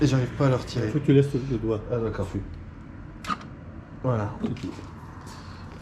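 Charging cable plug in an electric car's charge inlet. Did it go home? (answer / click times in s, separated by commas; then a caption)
released / 3.2 s. A charging cable plug is unlatched from an electric car's charge inlet after charging is stopped, using the small release button on the plug. Someone talks, then a faint, short click is heard at 3.2 s and the plug comes free.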